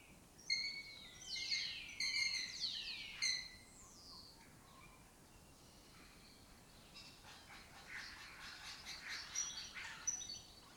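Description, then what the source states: Lesser kestrel calls: a run of harmonic, downslurred notes, then a series of rapid rasping pulses repeated in short bursts. Colony that took over an abandoned house complex in Doñana, southern Europe; migratory birds that forage in West Africa and breed in southern Europe.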